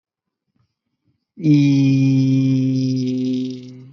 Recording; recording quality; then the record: sustained vowel as in beet; excellent, no background noise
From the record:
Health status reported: healthy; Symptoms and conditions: none ticked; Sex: male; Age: 26 years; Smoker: not ticked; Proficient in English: yes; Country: India